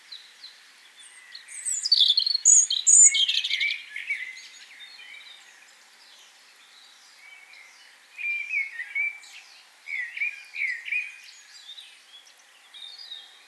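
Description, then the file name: European robin song, a loud trilled and whistled phrase early, then softer scattered warbling phrases after a short gap. "Erithacus rubecula"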